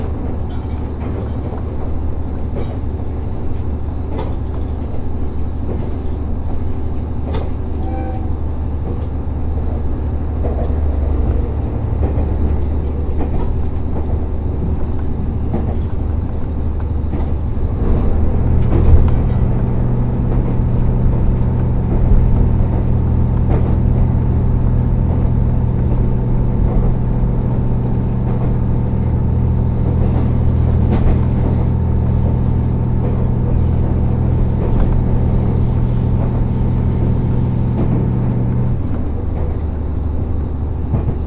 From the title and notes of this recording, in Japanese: 五能線 深浦→岩館 リゾートしらかみ4号。深浦を出ると再び日本海を高い位置から眺めながら走っていきます。